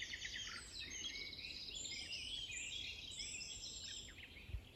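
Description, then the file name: Common nightingale singing, a dense run of high, rapid, varied chirps and trills without pause, over faint low background rumble. "Luscinia megarhynchos"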